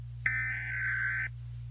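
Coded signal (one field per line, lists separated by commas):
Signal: Emergency Alert System (SAME) tones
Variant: header bursts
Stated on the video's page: Fictional EAS scenario made by the uploader, not a real alert.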